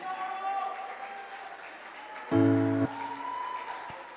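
An audience claps steadily in a dense, crackling wash for several seconds, with a brief loud buzzing tone cutting through midway before the applause carries on.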